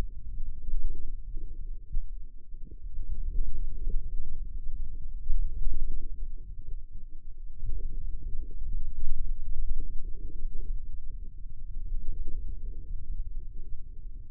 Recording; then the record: forearm muscle sounds (acoustic myography)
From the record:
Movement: wrist extension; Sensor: system 2, bracelet of six BSWA MPA416 microphones around the upper forearm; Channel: 6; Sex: male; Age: 22 years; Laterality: right